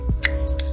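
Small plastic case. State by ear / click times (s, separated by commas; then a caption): partly seated / 0.2 s, 0.6 s. A plastic case half of a cheap, screwless snap-fit capture card housing is pushed back onto the card with music playing in the background. Sharp plastic clicks sound at 0.3 s and 0.6 s, but the shell doesn't click in very well and the halves do not fully snap home.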